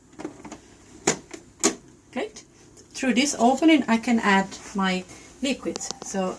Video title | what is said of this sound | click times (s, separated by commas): Use the kneading Hook to make a dough - Silvercrest Food Processor Lidl (video 4) | fit it this way and it will click into position now | 1.1 s